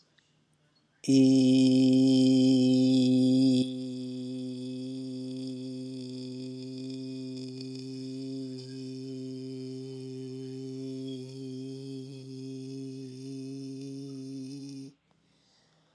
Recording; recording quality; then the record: sustained vowel as in beet; excellent, no background noise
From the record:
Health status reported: healthy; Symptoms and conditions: none ticked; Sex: male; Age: 45 years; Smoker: not ticked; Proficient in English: yes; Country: United States